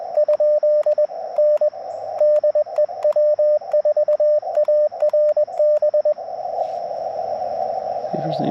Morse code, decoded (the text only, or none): ? N DE W4ARB